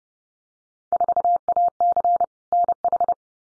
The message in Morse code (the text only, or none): 4AC NH